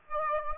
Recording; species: mosquito wingbeat signal from an infrared sensor; Aedes aegypti